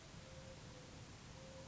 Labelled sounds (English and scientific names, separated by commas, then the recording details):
Mourning Dove (Zenaida macroura)
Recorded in Sonoma County, California